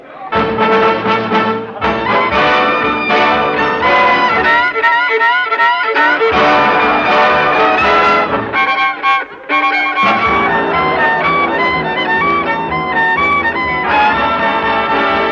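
A full orchestra plays a lively, swinging tune, with a violin carrying bright melodic runs over the steady, loud ensemble. The music is continuous throughout, with no talking.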